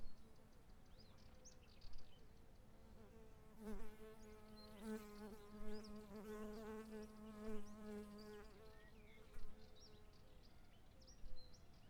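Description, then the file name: Fly buzzing, a steady low droning hum with stacked harmonics lasting about five seconds midway, over wind rumble and faint high bird chirps. Countryside atmosphere with wind and birds. "country wind birds flies"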